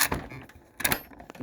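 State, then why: Seated. After staples are loaded into the rail, the spring-loaded magazine of a 2-in-1 pneumatic brad nailer/stapler is slid back into the tool body until it latches. Sharp mechanical clacks and rattles are heard, with the latching click at 0.9 s. The magazine seats and locks in place.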